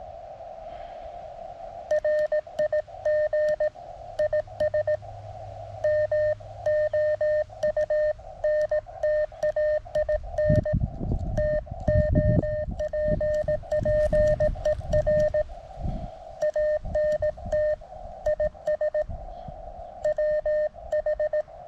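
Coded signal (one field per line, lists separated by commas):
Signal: Morse code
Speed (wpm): 17 wpm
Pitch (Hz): 610 Hz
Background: none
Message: RIG IS MOUNTAIN TOPPER ANT IS WH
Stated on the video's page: Live QRP CW contacts on 20 m with a Mountain Topper MTR-3B into a resonant 17-foot whip with radials, no tuner.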